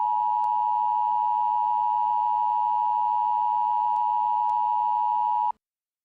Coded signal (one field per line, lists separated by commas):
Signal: Emergency Alert System (SAME) tones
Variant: 853 and 960 Hz attention tone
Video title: Emergency Alert System - Required Monthly Test